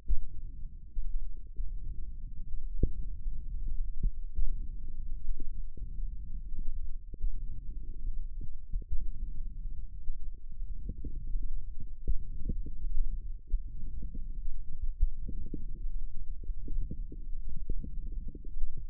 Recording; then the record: forearm muscle sounds (acoustic myography)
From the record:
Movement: wrist extension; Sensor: system 1, eight BSWA MPA416 microphones around the upper forearm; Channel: 8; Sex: female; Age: 22 years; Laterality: right